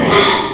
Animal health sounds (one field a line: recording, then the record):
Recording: squeal of a Yucatan mini pig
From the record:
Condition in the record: before surgery on the right vocal fold (resection and tissue-engineered implant)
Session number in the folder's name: 2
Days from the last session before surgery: 0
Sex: male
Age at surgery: 12 weeks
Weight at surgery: 13 kg